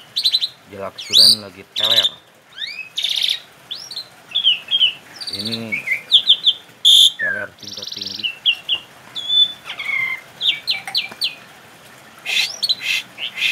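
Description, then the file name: Asian pied starling song: a varied jumble of rising whistles, buzzy bursts and sharp chirps, with a few lower harmonic croaks mixed between the notes. Indonesian name Jalak Suren; labelled Suren Teler. "Suren Teler Jalak Suren"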